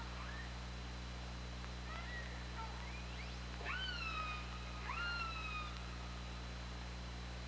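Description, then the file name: Orca calls, two loud upswept squeals that flatten into sustained tones, preceded by softer short chirps, with a constant underwater hum beneath. Recorded on the OrcaLab hydrophone on 24 August 2017 at 20:25. "Orca Lab UTLN 20170824 202535"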